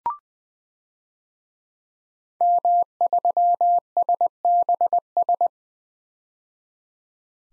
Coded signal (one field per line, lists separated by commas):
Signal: Morse code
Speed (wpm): 20 wpm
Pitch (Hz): 700 Hz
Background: none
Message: M3SBS